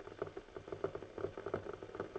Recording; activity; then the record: daily activity, microphone in the room; make coffee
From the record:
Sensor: 4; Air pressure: 1015.5 hPa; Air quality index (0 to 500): 190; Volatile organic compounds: 9 ppm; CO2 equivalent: 2126 ppm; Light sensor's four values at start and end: 5/11/4/3 and 5/11/4/3